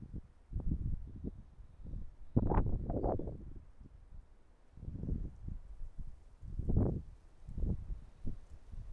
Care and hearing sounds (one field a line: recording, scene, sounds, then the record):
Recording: everyday scene through a hearing-aid microphone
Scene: wind on the microphone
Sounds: wind, traffic, birds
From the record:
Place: suburban garden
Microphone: behind the ear, right, rear